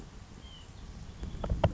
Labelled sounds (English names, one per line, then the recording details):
White-breasted Nuthatch
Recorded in Sonoma County, California